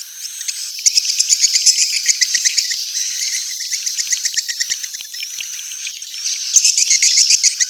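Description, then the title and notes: Swiftlet calls: rapid trains of high, thin pulsed chirps over a steady twittering background. Sound used for swiftlet farming in Asia. "Swiflet Bird Sound. Farming Swiflet Bird asia sound"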